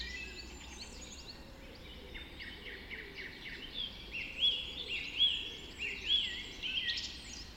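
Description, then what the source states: Birds: dawn chorus of several birds, thin high trills and chirps at first, then clear pure whistled notes repeating about once a second over a soft background hiss. Dawn chorus recorded just after dawn in the Forest of Dean.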